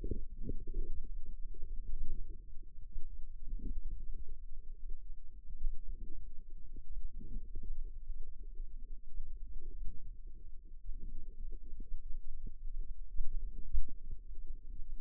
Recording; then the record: forearm muscle sounds (acoustic myography)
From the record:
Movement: wrist flexion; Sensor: system 2, bracelet of six BSWA MPA416 microphones around the upper forearm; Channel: 1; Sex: female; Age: 22 years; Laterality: right